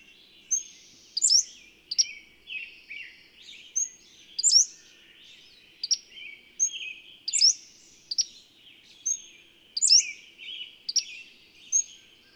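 Bird song in repeated high phrases of sharp chirps, short whistles and buzzy notes, over a soft steady hum.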